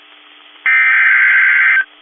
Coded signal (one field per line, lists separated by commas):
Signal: Emergency Alert System (SAME) tones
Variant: header bursts